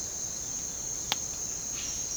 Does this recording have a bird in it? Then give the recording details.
no. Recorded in dense forest near Puerto Asís, Putumayo, Colombia, on 25 June 2025 at 08:30. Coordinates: 0.499, -76.324. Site G100